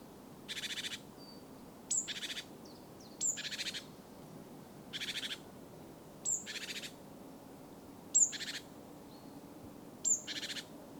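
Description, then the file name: Great tit churr calls: several harsh, ticking rattles repeated one at a time, most opening with a piercing high note, over a soft hiss. "Parus major"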